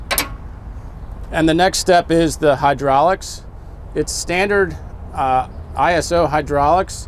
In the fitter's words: We drop that into the hitch, lock it in place,